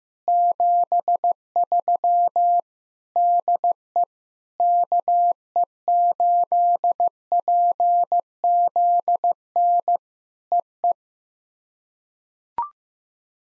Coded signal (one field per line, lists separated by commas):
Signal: Morse code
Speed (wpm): 15 wpm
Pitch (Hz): 700 Hz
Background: none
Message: 73 DE KE8PZN EE